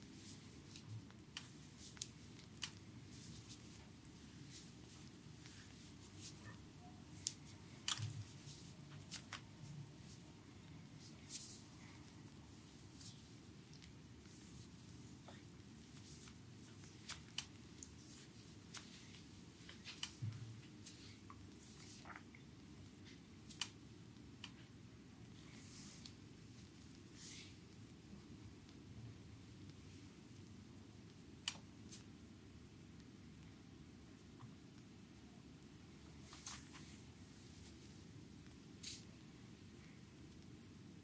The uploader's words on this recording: ASMR Back and Shoulders massage on chair by Anna.